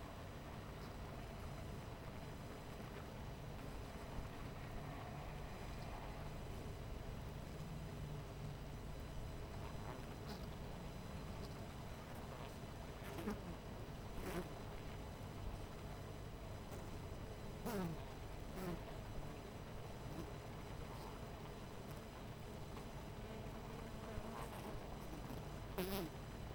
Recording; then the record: honeybee colony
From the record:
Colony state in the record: missing queen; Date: 14 July 2017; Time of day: 12:10